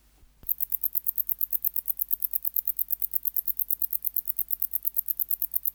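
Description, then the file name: Wart-biter song, a soft thump and then a steady train of crisp high clicks repeated several times a second. "Decticus verrucivorus"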